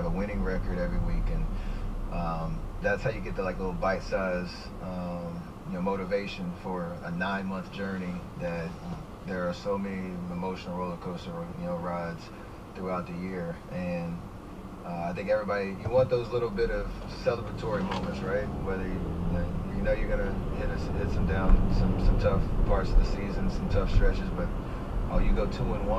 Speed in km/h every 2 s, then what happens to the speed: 16, 6, 0, 0, 0, 0, 0, 0, 0, 15, 27, 37, 44.
0-3 brakes to 0. 3-16 standing. 16-26 pulls away to 44.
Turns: none.